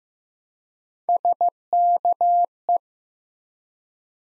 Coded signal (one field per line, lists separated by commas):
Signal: Morse code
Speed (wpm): 15 wpm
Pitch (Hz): 700 Hz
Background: none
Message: SKE